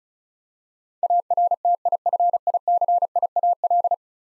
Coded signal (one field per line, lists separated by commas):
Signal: Morse code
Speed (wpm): 36 wpm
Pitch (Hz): 700 Hz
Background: none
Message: ARTIFICIAL